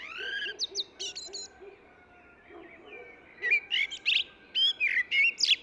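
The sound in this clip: Eurasian blackbird song: a few high whistled notes, a quiet pause, then a phrase of mellow whistles and high squeaky notes.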